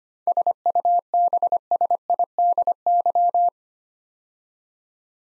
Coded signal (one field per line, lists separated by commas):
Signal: Morse code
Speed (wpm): 25 wpm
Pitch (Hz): 700 Hz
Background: none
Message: SUBSIDY